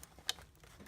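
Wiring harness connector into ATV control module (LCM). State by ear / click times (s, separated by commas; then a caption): seated / 0.3 s. A wiring connector from a diff lock speed limit bypass kit is pushed into the LCM (lighting/control module) socket on a Teryx ATV. A single sharp, bright click from its plastic latch stands out at 0.3 s against a quiet background with a few faint ticks. The connector is seated.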